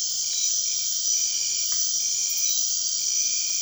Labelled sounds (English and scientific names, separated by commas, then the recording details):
none
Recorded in dense forest near Puerto Asís, Putumayo, Colombia, on 24 March 2025 at 23:00
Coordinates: 0.499, -76.324
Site GP03